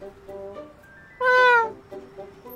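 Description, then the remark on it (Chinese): A single short, soft, low meow from a white kitten in a schoolbag on a car's back seat, about half a second long, with a rich tone that dips slightly in pitch as it ends, standing out over a faint steady background hum. “他轻喵一声，声音有点软，也有点低。”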